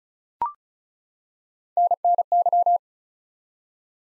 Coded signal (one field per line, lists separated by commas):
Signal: Morse code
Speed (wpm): 36 wpm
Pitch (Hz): 700 Hz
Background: none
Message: NNY